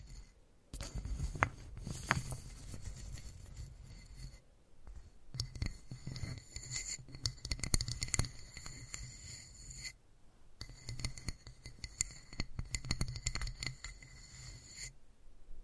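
Wooden balls roll and rub against each other in three bursts separated by short silences near 4.5 and 10 seconds. The sound is a dense, busy rattle of small clicks and scraping, with a low rumble underneath and scattered sharper knocks.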